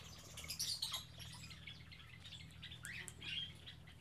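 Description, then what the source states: Birds giving high chirps and squawky calls, several overlapping notes, some rising sharply near the end, over a constant low hum. Birds kept in an aviary on Spetses.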